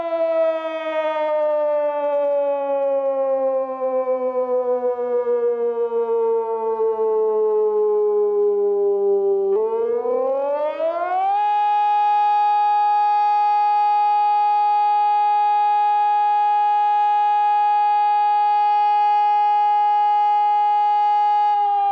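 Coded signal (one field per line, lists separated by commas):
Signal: siren signal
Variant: electronic siren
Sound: buzzy electronic siren tone sliding down, then rising and holding one steady pitch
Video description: Monatliche Sirenenprobe in der Gemeinde Windeck am 1. Samstag im Monat um 11.00 Uhr mit dem Signal "Feueralarm".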